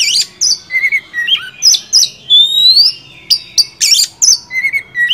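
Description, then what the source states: Oriental magpie-robin song: quick varied phrases mixing shrill chirps, short whistles and a long rising whistled note, given in steady succession. Indonesian songbird training (masteran) recording of an oriental magpie-robin, described as a first-place champion.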